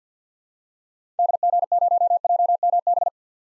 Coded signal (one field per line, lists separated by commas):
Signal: Morse code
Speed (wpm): 50 wpm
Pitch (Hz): 700 Hz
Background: none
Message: DG0JMB